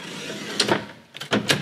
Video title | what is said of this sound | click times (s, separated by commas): Helpful van build tips | and like i said it locks in place this is not finished yet we just | 1.5 s